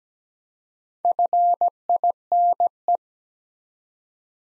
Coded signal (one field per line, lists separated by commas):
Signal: Morse code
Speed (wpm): 17 wpm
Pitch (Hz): 700 Hz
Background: none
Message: FINE